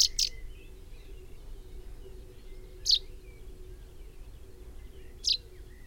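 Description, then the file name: Common chaffinch giving sharp, high, clipped call notes: a quick pair at the start, then single notes about every two and a half seconds, over a low steady background hum. "Fringilla coelebs"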